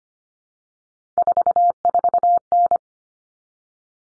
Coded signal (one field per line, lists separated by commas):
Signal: Morse code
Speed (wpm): 25 wpm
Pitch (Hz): 700 Hz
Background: none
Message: 44N